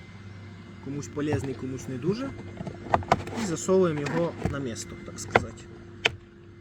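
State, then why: Seated. Someone talks while a plastic storage pocket is pushed into its place on the passenger door interior trim panel of a Renault Megane 2 hatchback. There is rustling plastic handling, then one sharp click at 6.1 s as the pocket snaps home and is seated.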